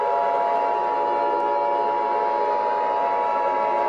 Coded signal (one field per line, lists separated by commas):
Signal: Emergency Alert System (SAME) tones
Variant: 853 and 960 Hz attention tone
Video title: EAS Scenario #11: Mickey Error 7 Well Its Still Going